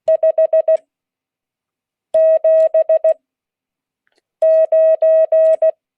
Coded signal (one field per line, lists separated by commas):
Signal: Morse code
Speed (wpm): 16 wpm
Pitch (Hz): 640 Hz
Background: none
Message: 579